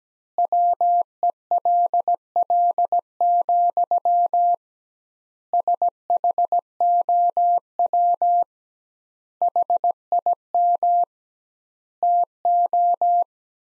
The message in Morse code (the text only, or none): WELL, SHOW HIM TO